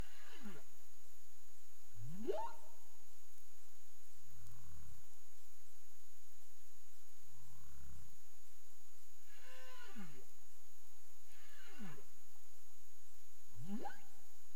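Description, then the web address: Humpback whale song units: sweeping upcalls and falling downsweeps, with two short low grunts in between, over a faint steady high tone. Recorded on 30 April 2035 at 03:29 UTC. "CARIMAM clean data humpback whale"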